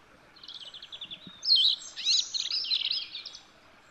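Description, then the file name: European robin giving one rich song phrase: a quick run of high twittering notes, then louder liquid warbles and trills lasting about three seconds. "Erithacus rubecula"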